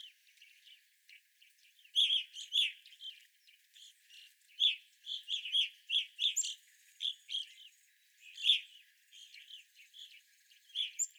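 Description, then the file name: Evening grosbeak flock calls: many short, ringing chirps with burry edges, loose and irregular, with fainter calls between. Group of evening grosbeaks recorded 25 April 2021. "2021-04-25 Evening Grosbeaks"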